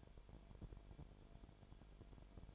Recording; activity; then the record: daily activity, microphone in the room; no activity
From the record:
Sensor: 5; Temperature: 19.9 degrees Celsius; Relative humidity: 35.6%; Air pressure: 1003.4 hPa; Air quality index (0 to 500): 58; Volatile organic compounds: 1 ppm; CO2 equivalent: 640 ppm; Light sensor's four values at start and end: 2/3/1/1 and 2/3/1/1